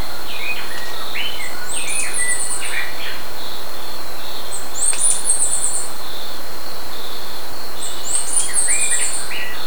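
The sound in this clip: Bird calls: three high, chattering phrases spaced roughly four seconds apart, with scattered lower chirps, under constant loud hiss and a high drone.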